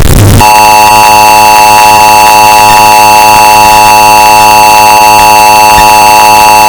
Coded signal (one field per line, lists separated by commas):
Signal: Emergency Alert System (SAME) tones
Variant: 853 and 960 Hz attention tone